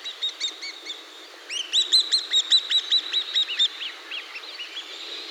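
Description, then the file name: Bird calls: a run of sharp, arched chirps repeated rapidly, with a few softer chirps just before. "SABIOD 50 bird 2015"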